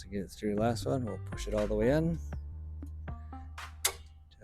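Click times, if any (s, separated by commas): 3.8 s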